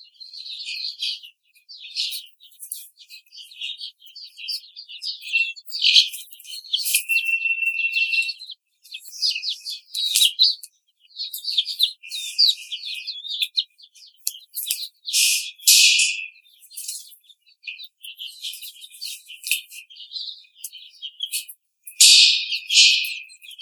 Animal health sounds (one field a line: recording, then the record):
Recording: young laying hens in a cage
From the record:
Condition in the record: treatment cage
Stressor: simulated dog barking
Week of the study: 5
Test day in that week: 1